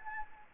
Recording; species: mosquito wingbeat signal from an infrared sensor; Anopheles gambiae